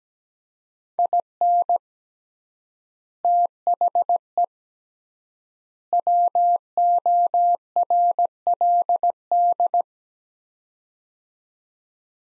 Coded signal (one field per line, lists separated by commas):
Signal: Morse code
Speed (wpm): 17 wpm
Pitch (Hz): 700 Hz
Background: none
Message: IN THE WORLD